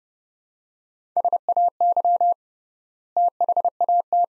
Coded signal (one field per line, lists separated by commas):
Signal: Morse code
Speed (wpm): 30 wpm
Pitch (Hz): 700 Hz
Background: none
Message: SAY THAT